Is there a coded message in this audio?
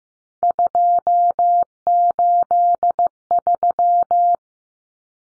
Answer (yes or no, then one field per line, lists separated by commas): yes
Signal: Morse code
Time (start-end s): 0.4-4.4 s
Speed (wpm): 15 wpm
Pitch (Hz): 700 Hz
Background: none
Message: 283